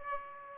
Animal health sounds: mosquito wingbeat signal from an infrared sensor; Aedes aegypti

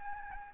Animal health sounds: mosquito wingbeat signal from an infrared sensor; Aedes albopictus

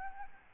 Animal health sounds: mosquito wingbeat signal from an infrared sensor; Aedes albopictus

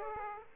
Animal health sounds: mosquito wingbeat signal from an infrared sensor; Aedes aegypti

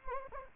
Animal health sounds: mosquito wingbeat signal from an infrared sensor; Anopheles gambiae

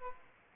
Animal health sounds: mosquito wingbeat signal from an infrared sensor; Anopheles arabiensis

